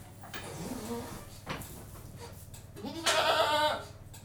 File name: General atmosphere in goat-house, with milking machine in background